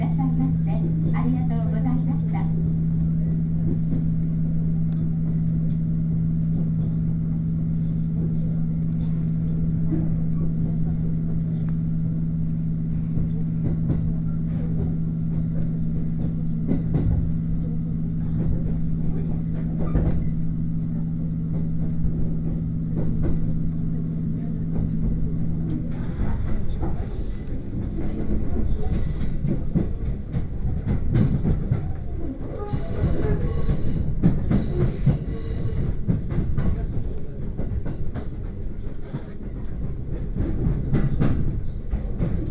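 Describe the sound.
A train on the Uetsu Line, riding through a crowded carriage. A steady low drone with a humming tone runs for the first 26 seconds, then drops away, leaving an uneven rumble of wheels and rattles, with brighter clatter around 33 to 36 seconds and faint voices underneath.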